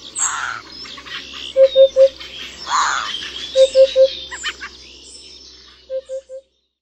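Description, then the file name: Eurasian hoopoe song: soft, low hooted triplets 'oop-oop-oop' repeated three times, with high twittering from other birds behind. "Dudek"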